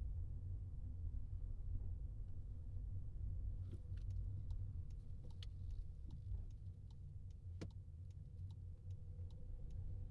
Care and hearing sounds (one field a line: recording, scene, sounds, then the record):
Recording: everyday scene through a hearing-aid microphone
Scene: in a vehicle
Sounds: engine, highway traffic jam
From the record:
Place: Skoda Fabia, gasoline engine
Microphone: in the ear canal, left